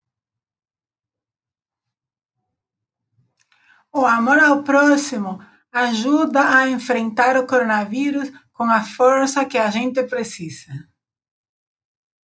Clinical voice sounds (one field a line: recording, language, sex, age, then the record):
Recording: spoken sentence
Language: Brazilian Portuguese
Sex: female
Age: 50 to 59 years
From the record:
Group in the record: control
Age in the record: 52 years